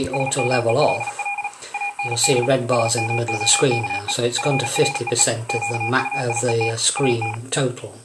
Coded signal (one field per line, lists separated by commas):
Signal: Morse code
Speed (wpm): 37 wpm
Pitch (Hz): 2450 Hz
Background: speech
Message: SMELL AND SMOKE FREE QUIET AT